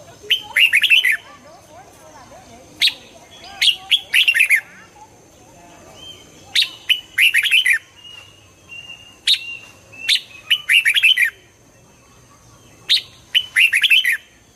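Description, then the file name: Red-whiskered bulbul delivering cheerful, slurred whistled phrases again and again, each a quick tumble of notes, separated by brief gaps. Red-whiskered bulbul of the Hue strain, singing in the double-voice song style (giong kep). "Tieng chao mao hue hot giong kep"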